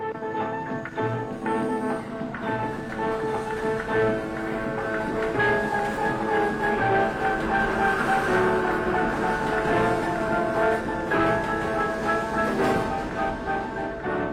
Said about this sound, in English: Some of his earliest percussion, he said, he got from the rumble of the trains, and not only picked up the nature of the rumble, but also had a dialogue with the rumble of the trains, which is one of the reasons why his percussion became so complex.